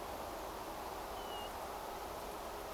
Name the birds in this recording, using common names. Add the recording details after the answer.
European Golden Plover. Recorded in France